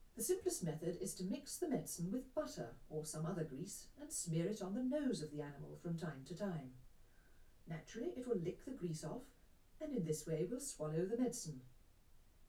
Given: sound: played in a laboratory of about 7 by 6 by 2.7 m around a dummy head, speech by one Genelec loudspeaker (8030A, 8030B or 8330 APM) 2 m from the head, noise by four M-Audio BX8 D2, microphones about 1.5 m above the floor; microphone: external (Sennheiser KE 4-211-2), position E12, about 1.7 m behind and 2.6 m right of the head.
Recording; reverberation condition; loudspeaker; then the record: female speech in English; low; 30 degrees to the right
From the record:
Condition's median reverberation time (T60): about 310 ms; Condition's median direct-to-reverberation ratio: about 3.5 dB